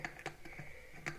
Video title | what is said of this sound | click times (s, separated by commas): All Harleys Leak Oil | i showed you this funnel before it snaps | 0.0 s, 1.1 s